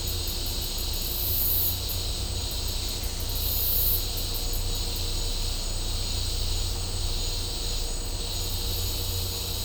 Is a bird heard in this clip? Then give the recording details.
no. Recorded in dense forest near Puerto Asís, Putumayo, Colombia, on 18 December 2024 at 11:00. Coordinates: 0.503, -76.323. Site G043